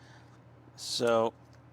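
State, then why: Not seated. A small engine part is handled against the engine block of a 1:8 scale diecast Aston Martin DB5 model while someone briefly talks over a low, steady background hum. The part has not been pressed home yet, so nothing has seated or clicked.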